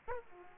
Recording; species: mosquito wingbeat signal from an infrared sensor; Aedes aegypti